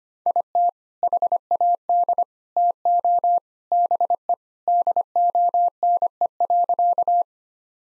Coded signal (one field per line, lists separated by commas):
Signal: Morse code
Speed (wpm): 25 wpm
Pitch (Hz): 700 Hz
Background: none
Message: IT HAD TO BE DONE.